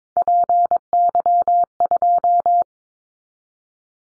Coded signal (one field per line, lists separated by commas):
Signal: Morse code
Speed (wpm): 22 wpm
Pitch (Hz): 700 Hz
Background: none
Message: PY2